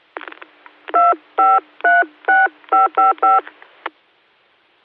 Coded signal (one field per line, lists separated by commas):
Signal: DTMF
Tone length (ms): 180 ms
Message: 2536555